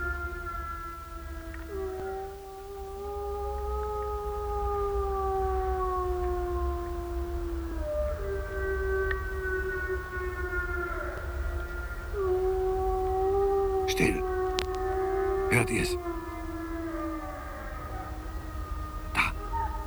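wolves howling

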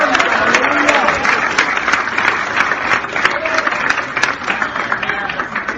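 audience applauding

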